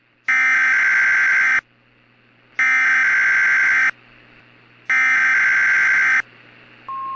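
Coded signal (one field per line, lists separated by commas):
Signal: Emergency Alert System (SAME) tones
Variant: header bursts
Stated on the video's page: Fictional, hypothetical EAS scenario tones for an imagined derecho striking the Gulf Coast.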